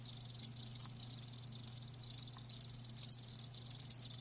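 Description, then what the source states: Crickets chirping softly, thin high pulses scattered throughout over a low background hum. Live crickets chirping, a lulling song.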